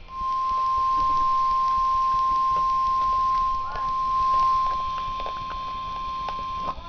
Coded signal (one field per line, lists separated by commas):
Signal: Emergency Alert System (SAME) tones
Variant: 1050 Hz attention tone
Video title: Real NOAA Weather Radio EAS Alert #37